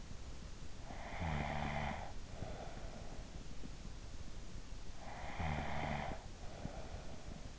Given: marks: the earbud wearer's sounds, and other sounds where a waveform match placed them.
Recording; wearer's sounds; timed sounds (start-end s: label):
sounds in sleep by an in-ear microphone; snoring breath
0.41-3.61 s: snoring breath
4.64-7.59 s: snoring breath